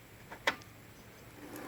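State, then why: Released. A manual locking hub on the front Dana 30 axle of a 1966 Ford Bronco, fitted with a front disc brake conversion, is turned back to unlock. It gives one sharp click at 0.5 s, followed by a faint tick and quiet background. The hub clicks to unlocked and spins freely.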